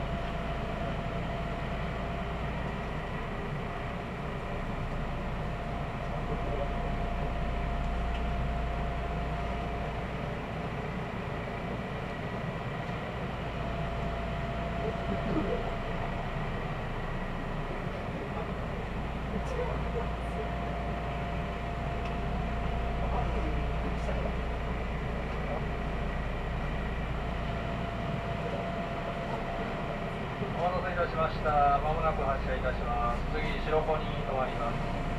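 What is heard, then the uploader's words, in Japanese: A train rides along at steady speed, its deep, constant rumble filling the low end with a faint steady whine above. A voice murmurs faintly partway through, and near the end, around thirty seconds, brighter squeals and clatter rise briefly over the drone. 近鉄 伊勢若松（特急通過待ち）→白子（特急通過待ち・普通乗り換え）→千里。伊勢若松駅で特急をやりすごし、急行は再び走り出します。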